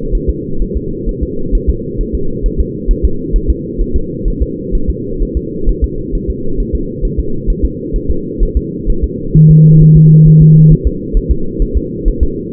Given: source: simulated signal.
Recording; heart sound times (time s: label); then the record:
fetal heart sounds
0.15 s: S1
0.29 s: S2
0.62 s: S1
0.77 s: S2
1.09 s: S1
1.23 s: S2
1.55 s: S1
1.70 s: S2
2.01 s: S1
2.15 s: S2
2.46 s: S1
2.61 s: S2
2.91 s: S1
3.05 s: S2
3.36 s: S1
3.50 s: S2
3.82 s: S1
3.96 s: S2
4.28 s: S1
4.43 s: S2
4.75 s: S1
4.90 s: S2
5.23 s: S1
5.37 s: S2
5.69 s: S1
5.84 s: S2
6.15 s: S1
6.30 s: S2
6.60 s: S1
6.75 s: S2
7.05 s: S1
7.19 s: S2
7.50 s: S1
7.65 s: S2
7.96 s: S1
8.11 s: S2
8.43 s: S1
8.57 s: S2
8.90 s: S1
9.04 s: S2
9.36 s: S1
9.51 s: S2
9.82 s: S1
9.97 s: S2
10.28 s: S1
10.42 s: S2
10.72 s: S1
10.87 s: S2
11.17 s: S1
11.31 s: S2
11.62 s: S1
11.77 s: S2
12.08 s: S1
12.23 s: S2
From the record:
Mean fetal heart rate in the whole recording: 130 bpm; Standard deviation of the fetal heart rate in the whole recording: 4 bpm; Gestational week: 38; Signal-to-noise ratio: -8.1 dB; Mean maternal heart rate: 72 bpm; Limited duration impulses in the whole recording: present